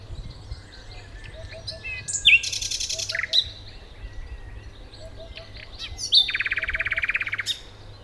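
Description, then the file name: Common nightingale song with dense buzzy rattles, sharp sliding whistles and a long fast trill of repeated notes, separated by quieter gaps. "Luscinia megarhynchos"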